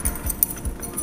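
After the handle lever of a uPVC folding door is lifted to engage its multipoint lock, the key is turned in the lock. The lock engages with a sharp metallic click at 0.4 s, leaving the door tightly locked.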